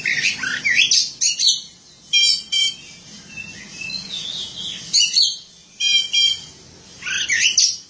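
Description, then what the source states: Oriental magpie-robin singing rapid trills and rattling repeated notes alongside sweeping whistles, in lively bursts with short pauses. Song of the kacer.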